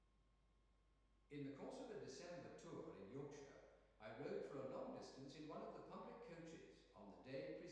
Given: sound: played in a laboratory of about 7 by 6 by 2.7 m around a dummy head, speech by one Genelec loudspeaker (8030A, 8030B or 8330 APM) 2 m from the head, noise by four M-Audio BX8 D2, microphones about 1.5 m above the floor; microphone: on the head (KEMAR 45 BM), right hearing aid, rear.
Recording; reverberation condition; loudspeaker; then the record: male speech in English; high; in front (0 degrees)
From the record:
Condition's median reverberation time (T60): about 1300 ms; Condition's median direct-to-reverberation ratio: about -4.0 dB